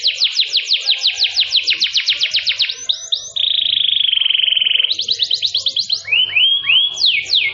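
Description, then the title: Canary song: rapid trills of descending whistled notes, a steady buzzy rolling tone, then faster trills and a few rising slurred whistles, all high-pitched and continuous. Luxury canary singing a long-duration cengkok song, the local name for its song style. "Cengkok Kenari Mewah. Kenari mewah durasi panjang. Cengkok enak gaya istimewa"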